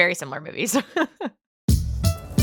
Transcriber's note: laughter